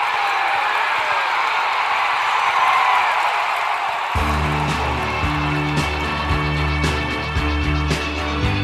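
A loud, steady roar from the Roman crowd in a stadium as Guga lifts the cup fills the first half. Midway through, music with deep, pulsing bass notes enters and plays over the continuing crowd noise.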